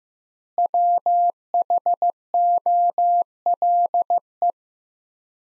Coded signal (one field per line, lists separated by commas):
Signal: Morse code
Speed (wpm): 16 wpm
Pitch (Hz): 700 Hz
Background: none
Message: WHOLE